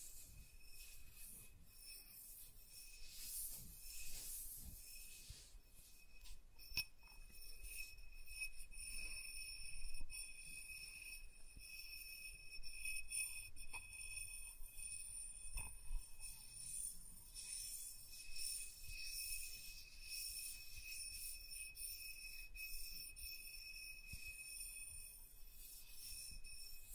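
Soft tracing over smooth and rough surfaces makes quiet, irregular scratches and brushing strokes, with occasional light taps near 7, 10 and 16 seconds. A steady, thin high-pitched ringing with several bright tones runs through the whole recording.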